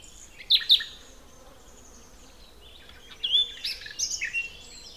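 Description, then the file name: Common nightingale giving two sharp high notes early on, then a quiet gap, then a burst of quick chirps and whistles. "Luscinia megarhynchos"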